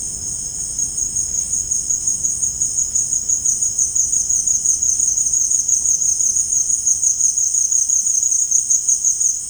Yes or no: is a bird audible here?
no